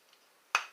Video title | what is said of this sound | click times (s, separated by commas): Five original fragrances and their clones | I like it the top snaps into place | 0.5 s